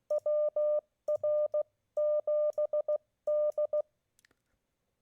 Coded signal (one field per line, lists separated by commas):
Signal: Morse code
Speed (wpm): 16 wpm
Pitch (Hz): 600 Hz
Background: none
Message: WR7D